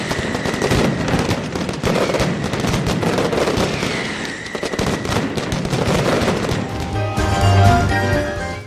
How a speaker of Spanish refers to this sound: mascletá nocturna con un espectacular juego de truenos. Teleelch lo retransmitió en directo.